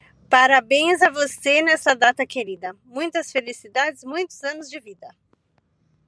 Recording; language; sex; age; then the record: short text; Brazilian Portuguese; female; 50 to 59 years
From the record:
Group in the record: control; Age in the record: 57 years